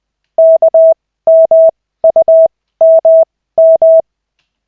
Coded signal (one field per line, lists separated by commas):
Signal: Morse code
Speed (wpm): 20 wpm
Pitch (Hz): 650 Hz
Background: none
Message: KMUMM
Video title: Koch 2/40, 13.12.2024, 4th CW practice session